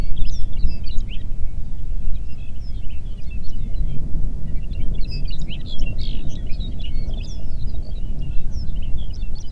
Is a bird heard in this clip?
yes